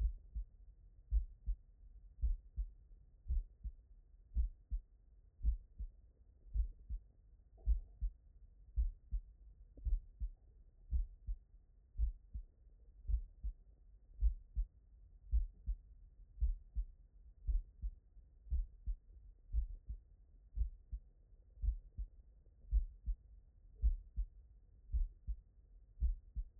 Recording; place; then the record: heart sounds by stethoscope; tricuspid valve (TV)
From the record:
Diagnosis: non-HFrEF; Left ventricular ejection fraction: 59%